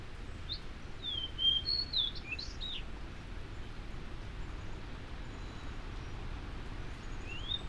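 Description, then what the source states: Fox sparrow song: a brief run of clear, slurred whistled notes near the start, then only a steady low background hum with a faint whistle at the end. Migrating male singing loudly from shrubs at the edge of a yard one morning in early April, in cold windy weather, heading north, probably to breed in the Canadian North Woods.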